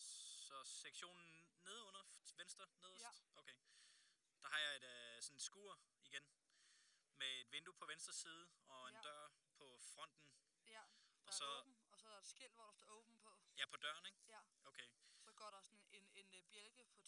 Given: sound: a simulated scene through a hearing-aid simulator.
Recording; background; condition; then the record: conversation; quiet; 65 dB SPL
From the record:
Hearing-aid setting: standard clinical setting (NAL); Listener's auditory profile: A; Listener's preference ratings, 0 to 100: 100, 88, 97